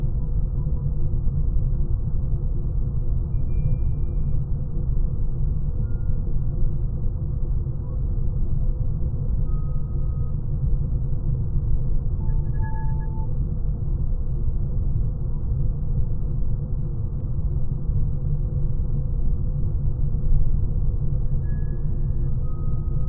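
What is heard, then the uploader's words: A steady spacecraft interior hum, a deep, dense engine rumble that holds constant with no treble. Faint short electronic tones blink in now and then, around 4, 10, 13 and 22 seconds, like instrument beeps over the drone. Razor crest ambience. Ambience to mimic the crest.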